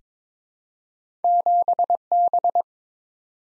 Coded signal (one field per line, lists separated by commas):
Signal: Morse code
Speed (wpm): 22 wpm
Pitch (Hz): 700 Hz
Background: none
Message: 7B